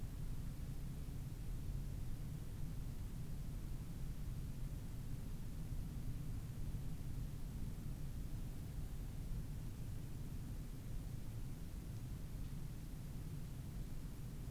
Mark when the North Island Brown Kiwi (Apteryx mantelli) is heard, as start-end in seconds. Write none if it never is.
none